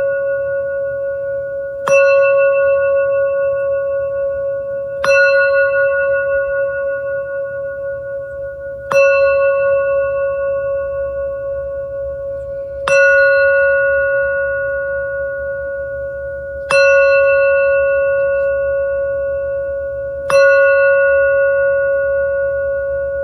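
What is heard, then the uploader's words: A Tibetan singing bowl is struck about every four seconds, each strike ringing out as a clear, sustained mid tone over a faint low hum. Venus Gong and Sacred Yoni Tibetan Singing Bowls.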